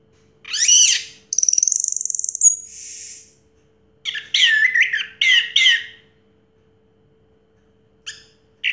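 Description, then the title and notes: Orange-headed thrush song: varied high phrases, a sweeping whistle, a long buzzy trill, then quick chattering notes in bursts separated by brief pauses. Anis merah song in the 'teler' style, with a clear voice. "Anis Merah Teler Suara Jernih. suara anis merah"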